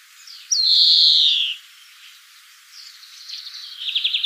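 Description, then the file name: European greenfinch uttering a single long nasal wheeze that drops in pitch, followed by a jumble of twittering notes ending in a fast rhythmic trill. "Chloris chloris"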